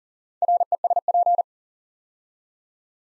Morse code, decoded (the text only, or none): RESP